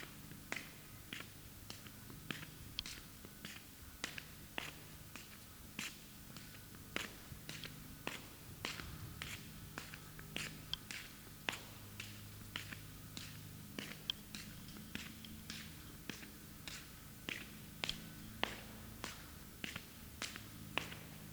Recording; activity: daily activity, guitar pickup as the sensor; walk